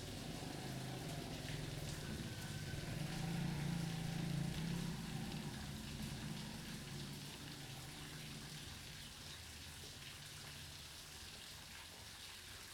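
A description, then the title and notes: Steady rain hisses across the whole clip, dense and even, with fine ticking drops spread through the upper range. A low rumbling hum swells in the first few seconds, peaking around four seconds, then thins out, leaving a slightly quieter, steadier wash. Rain Sounds White Noise. Recorded in the Rain Forests of Costa Rica.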